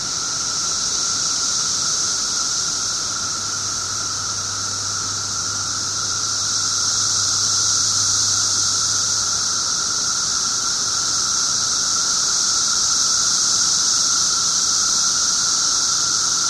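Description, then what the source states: Periodical cicadas in a dense, unbroken chorus, a steady high hiss with a thin droning band beneath, without pauses. 17-year periodical cicadas recorded 18 June 2007 at 1:00 pm.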